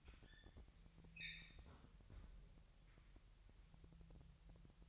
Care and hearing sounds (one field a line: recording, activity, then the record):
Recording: daily activity, microphone in the room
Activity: close fridge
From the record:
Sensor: 3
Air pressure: 1001.9 hPa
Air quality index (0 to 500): 247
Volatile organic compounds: 51 ppm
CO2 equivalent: 3313 ppm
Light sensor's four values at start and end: 12/36/16/13 and 12/36/16/13